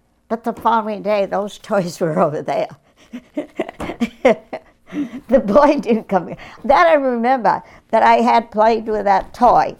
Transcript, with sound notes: But the following day those toys were over there. (laughs) They boy didn't come in. That I remember, that I had played with that toy.